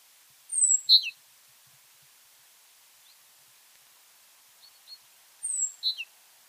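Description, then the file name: Great tit calls in two short groups about five seconds apart: a high thin descending note followed by a brief, bright, down-slurred note, with faint softer notes between. "Parus major"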